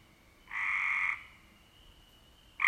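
Cope's gray treefrog: a moderate buzzy trill, silence, then the start of a louder trill at the very end.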